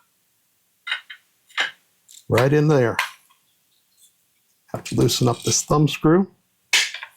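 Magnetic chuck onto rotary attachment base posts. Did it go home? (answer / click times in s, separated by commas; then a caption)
no / none. Someone talks while handling an xTool RA3 rotary attachment, loosening a thumb screw before pressing the magnetic chuck onto the four posts of the rotary base. A few brief handling ticks are heard between the talking. The magnetic chuck has not snapped onto the base yet; nothing has seated or clicked.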